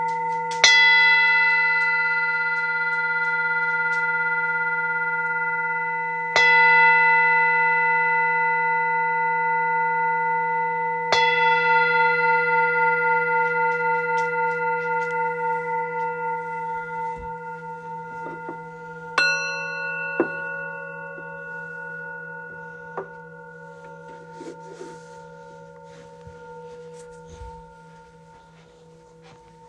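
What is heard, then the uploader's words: Tibetan singing bowls are struck at about 1, 6 and 11 seconds, each strike ringing out in long, bright, layered tones that slowly fade with a gentle wavering pulse. A low steady hum sits underneath throughout, and a softer strike near 19 seconds shifts the pitch slightly. Sounds of Tibetan Singing Bowls.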